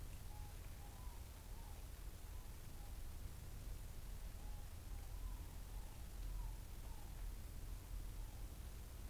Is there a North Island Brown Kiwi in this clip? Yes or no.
no